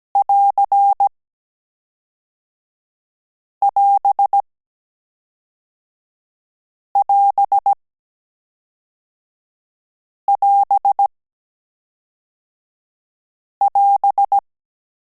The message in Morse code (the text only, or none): <AR><AS><AS><AS><AS>